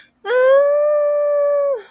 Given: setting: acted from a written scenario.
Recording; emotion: vocal sound without words; fear